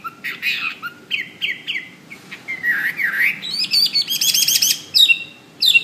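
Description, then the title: Bird singing varied phrases: short repeated whistled notes, a swooping slur, then a dense high rattling trill and sharp downslurred whistles. "SuaraBurung Kicau"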